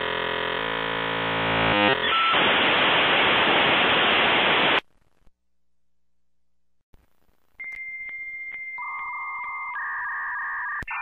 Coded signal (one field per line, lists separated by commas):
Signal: dial-up modem handshake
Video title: Dial-Up Sound for 10 Hours